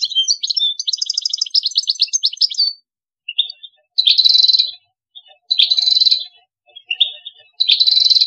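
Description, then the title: European goldfinch song, rapid liquid twitters and a trill opening, then repeated harsh buzzy notes mixed with short chirps. "Chant Chardonneret"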